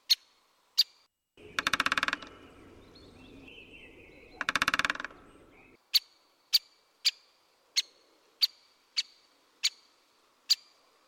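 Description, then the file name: Great spotted woodpecker calling with sharp kik notes, interrupted early by loud rattling, rumbling noise bursts, then about eight evenly spaced calls. "Buntspecht"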